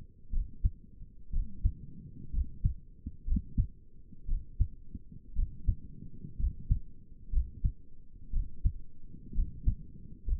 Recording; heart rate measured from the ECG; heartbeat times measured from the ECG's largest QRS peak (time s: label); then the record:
heart sounds by stethoscope; 60 bpm
0.33 s: heartbeat
1.33 s: heartbeat
2.34 s: heartbeat
3.27 s: heartbeat
4.28 s: heartbeat
5.36 s: heartbeat
6.39 s: heartbeat
7.33 s: heartbeat
8.33 s: heartbeat
9.35 s: heartbeat
10.27 s: heartbeat
From the record:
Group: healthy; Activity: rest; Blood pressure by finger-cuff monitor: 88/54 mmHg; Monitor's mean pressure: 66 mmHg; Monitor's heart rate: 60 bpm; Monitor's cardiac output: 5.7 L/min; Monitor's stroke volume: 91 mL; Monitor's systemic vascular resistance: 820 dyn s/cm5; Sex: male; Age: 22 years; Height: 181 cm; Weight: 79 kg